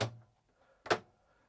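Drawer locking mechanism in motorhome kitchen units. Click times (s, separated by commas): 0.9 s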